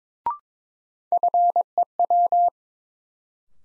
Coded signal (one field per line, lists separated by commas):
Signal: Morse code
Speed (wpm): 22 wpm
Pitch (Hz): 700 Hz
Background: none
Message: FEW